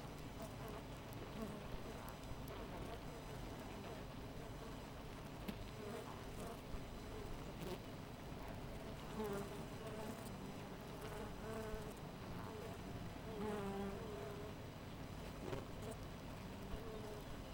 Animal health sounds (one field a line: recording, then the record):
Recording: honeybee colony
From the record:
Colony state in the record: missing queen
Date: 14 July 2017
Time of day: 5:19